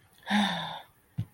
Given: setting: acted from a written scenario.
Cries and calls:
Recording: vocal sound without words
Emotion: disappointment

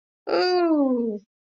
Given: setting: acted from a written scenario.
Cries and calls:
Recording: vocal sound without words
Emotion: interest

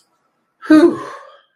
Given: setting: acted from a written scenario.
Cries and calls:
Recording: vocal sound without words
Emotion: relief

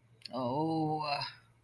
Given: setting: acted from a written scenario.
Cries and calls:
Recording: vocal sound without words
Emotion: guilt

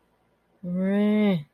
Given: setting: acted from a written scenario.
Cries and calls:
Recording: vocal sound without words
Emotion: anger

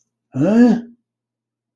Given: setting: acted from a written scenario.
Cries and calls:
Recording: vocal sound without words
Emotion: confusion

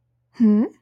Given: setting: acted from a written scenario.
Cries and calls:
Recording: vocal sound without words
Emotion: interest

